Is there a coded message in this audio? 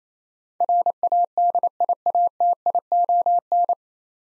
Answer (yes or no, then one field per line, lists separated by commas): yes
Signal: Morse code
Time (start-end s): 0.6-3.7 s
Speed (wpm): 28 wpm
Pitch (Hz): 700 Hz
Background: none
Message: RADIATION